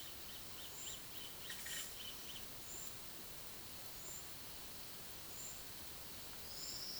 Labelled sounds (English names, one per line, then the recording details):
Roadside Hawk
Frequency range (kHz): Roadside Hawk 2.0-4.5 kHz
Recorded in dense forest near Puerto Asís, Putumayo, Colombia, on 19 February 2024 at 10:00
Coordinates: 0.505, -76.324
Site G6467